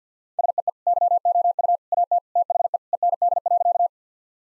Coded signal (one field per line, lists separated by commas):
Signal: Morse code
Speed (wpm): 50 wpm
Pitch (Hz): 700 Hz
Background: none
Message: SEE YOU AT THE END.